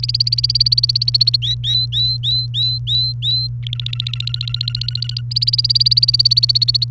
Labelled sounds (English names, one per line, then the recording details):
Domestic Canary song
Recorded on 29 April 2018 at 16:40
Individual llb3